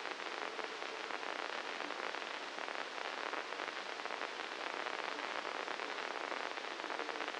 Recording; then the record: brain microelectrode recording played as sound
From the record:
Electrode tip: inside the subthalamic nucleus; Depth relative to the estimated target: 0 mm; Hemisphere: left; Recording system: NeuroSet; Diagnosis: Parkinson's disease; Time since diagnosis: 9 years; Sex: male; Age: 56 years